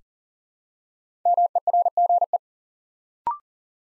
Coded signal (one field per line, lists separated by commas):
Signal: Morse code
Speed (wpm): 40 wpm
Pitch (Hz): 700 Hz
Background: none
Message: MERGE